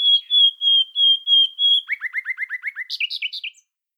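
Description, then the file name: Common nightingale song: six long level whistles, then a fast run of buzzy descending notes, ending with a few high squeaky notes. "Luscinia megarhynchos"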